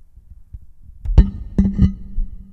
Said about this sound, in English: A lot of chair moving.